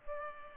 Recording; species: mosquito wingbeat signal from an infrared sensor; Culex pipiens